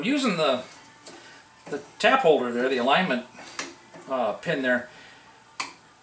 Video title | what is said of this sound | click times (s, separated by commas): Outlaw Brake 6 | hear it click, it's because I'm all the way out. | 5.6 s